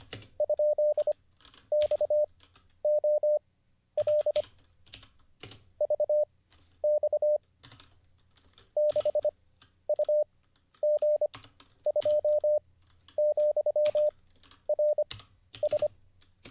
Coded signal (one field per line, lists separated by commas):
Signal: Morse code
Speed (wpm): 25 wpm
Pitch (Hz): 600 Hz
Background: none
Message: ?XOL VX 6UG2,RS